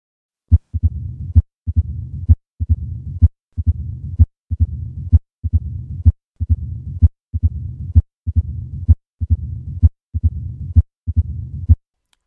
This diastolic rumbling murmur, when heard at the cardiac apex, is typical for mitral stenosis. The most frequent cause of mitral stenosis continues to be chronic rheumatic valvular disease, secondary to acute rheumatic fever.